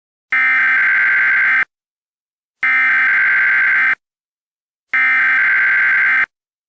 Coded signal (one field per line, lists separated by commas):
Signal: Emergency Alert System (SAME) tones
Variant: header bursts